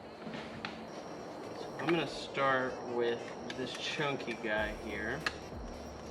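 A large multi-pin wiring harness connector is handled at the back of a new aftermarket double-DIN CarPlay stereo from Seicane for a 2012 Mazda 6, with a brief sharp tap near 0.6 s amid faint handling noise while someone talks. The connector has not seated or clicked in yet by the end of the clip.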